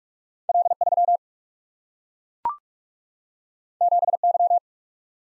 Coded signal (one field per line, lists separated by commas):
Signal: Morse code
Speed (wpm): 45 wpm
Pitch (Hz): 700 Hz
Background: none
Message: L3 7Y